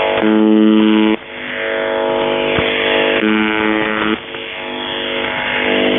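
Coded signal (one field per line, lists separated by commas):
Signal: channel marker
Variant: UVB-76 (The Buzzer)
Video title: Kerro malfunction and beeps and screaming and morse code in the background on the buzzer 4625khz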